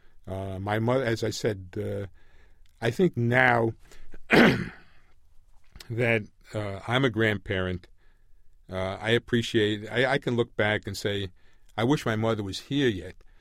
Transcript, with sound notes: My mother — as I said, I think now [clears throat] that I'm a grandparent, I appreciate — I — I can look back and say, "I wish my mother was here yet."